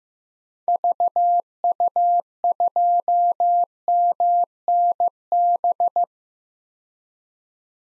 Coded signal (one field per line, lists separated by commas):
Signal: Morse code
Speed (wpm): 15 wpm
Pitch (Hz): 700 Hz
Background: none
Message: VU2MNB